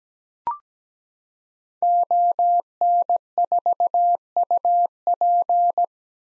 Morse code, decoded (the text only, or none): ON4UP